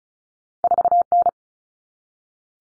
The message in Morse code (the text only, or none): 4N